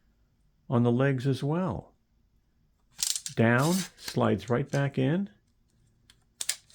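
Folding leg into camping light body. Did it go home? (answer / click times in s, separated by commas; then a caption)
yes / 6.4 s. A folding leg on a plastic BougeRV 5 in 1 camping light is slid back into the light's body and then pulled out until it locks in place while someone talks. A sharp click at 6.4 s marks the leg seating and locking.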